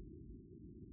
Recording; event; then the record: neck accelerometer signal played as sound; no cough (speech, laughter, throat clearing or background)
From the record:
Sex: female